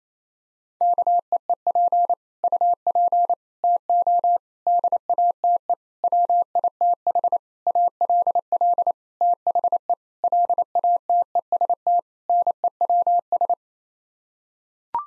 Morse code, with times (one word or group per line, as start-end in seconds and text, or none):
0.8-2.1 KEEP
2.4-3.3 UP
3.6-4.4 TO
4.7-5.7 DATE
6.0-7.4 WITH
7.7-8.9 ALL
9.2-9.9 THE
10.2-12.0 LATEST
12.3-13.5 NEWS